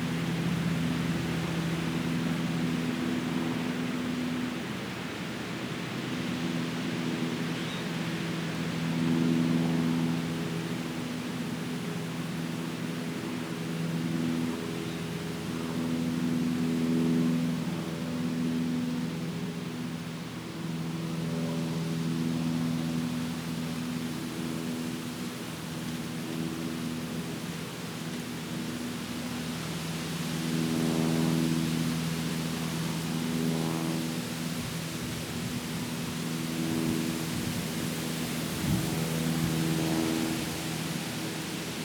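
Wind blows through trees in a steady, dense rush with a low rumble beneath, plus faint tonal hums that come and go throughout.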